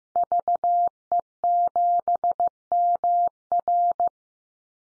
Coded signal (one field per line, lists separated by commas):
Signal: Morse code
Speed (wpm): 15 wpm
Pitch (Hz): 700 Hz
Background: none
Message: VE7MR